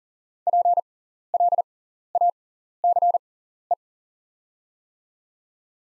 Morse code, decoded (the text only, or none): PLACE